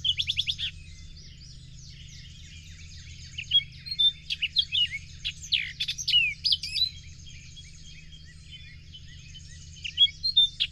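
Bird song in scattered twittering phrases of high chirps, short trills and whistles, broken by brief pauses, with a constant low hum underneath.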